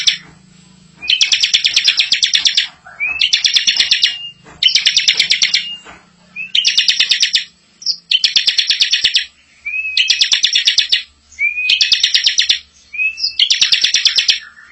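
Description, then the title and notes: Bar-winged prinia song: loud buzzy trilled bursts about a second long, each often led by a short rising whistle, repeated with brief pauses throughout. Ngebren song style; used as a tutor (masteran) recording for white-rumped shamas. "Suara burung ciblek - Suara Nada"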